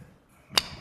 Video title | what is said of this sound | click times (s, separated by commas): Rise Up and Carve Show & Tell #34: Anja Sundberg Knife Sheath | and i get that right you get a nice satisfying snap to it | 0.6 s